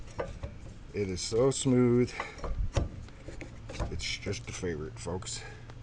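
A log clamp on a sawmill bed is handled and tightened against a log while someone talks, with a few brief knocks and rubbing sounds under the speech. The clamp has not locked yet, and nothing has clicked by the end of the clip.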